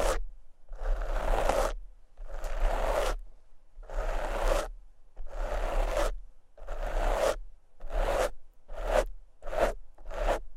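Microphone scratching and brushing in repeated rough, raspy strokes, each lasting about half a second to a second, coming roughly every second with brief silent gaps. The strokes get shorter and quicker toward the end, and a low steady hum runs underneath throughout.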